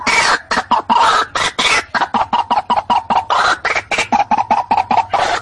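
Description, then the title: White-breasted waterhen giving harsh, croaking call notes in a fast, uneven series, each note short and rasping, continuing throughout. Locally called ruak-ruak; from a one-hour lure (pikat) recording. "Pikat Ruak Ruak"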